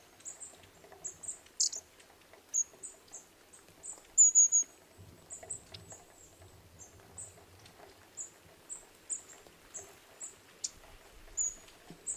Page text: Jarek Matusiak - Длиннохвостая синица (Aegithalos caudatus)